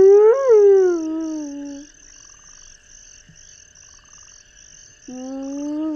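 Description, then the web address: Spotted hyena whoop: a tonal call that swoops upward, then slides down and trails off, followed by a second low call starting near the end, over a steady pulsing high buzz. "earth naturelibrary assets s sp spotted hyena"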